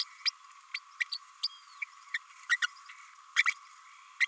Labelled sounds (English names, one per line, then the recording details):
Green-rumped Parrotlet babbling
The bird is a female
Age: 27 days
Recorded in a nest box in Venezuela
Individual 17B32A5